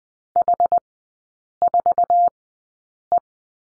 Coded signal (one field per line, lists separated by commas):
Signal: Morse code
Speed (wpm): 19 wpm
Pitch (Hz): 700 Hz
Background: none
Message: H4E